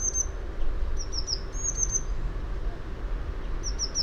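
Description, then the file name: Eurasian blue tit calls: brief sets of high, thin descending notes, in three scattered bursts, over a low continuous rumble. "Cyanistes caeruleus"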